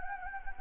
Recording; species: mosquito wingbeat signal from an infrared sensor; Anopheles gambiae